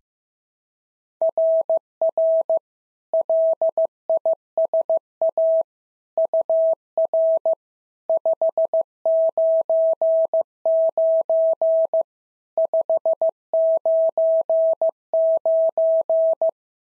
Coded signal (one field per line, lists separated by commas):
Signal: Morse code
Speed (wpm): 14 wpm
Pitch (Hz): 650 Hz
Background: none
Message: RR LISA UR 599 599